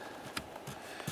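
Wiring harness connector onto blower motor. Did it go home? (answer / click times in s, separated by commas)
yes / 0.4 s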